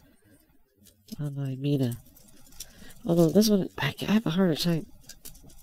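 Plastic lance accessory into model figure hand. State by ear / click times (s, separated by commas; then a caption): seated / 5.1 s. A plastic lance accessory is pushed hard into the hand of a plastic 1/100 MG Gundam Astray Gold Frame Amatsu Hana (Metal Build ver., Daban) model kit figure while someone talks. It takes more effort, and a short click at 5.1 s marks the lance seating and locking in place really well.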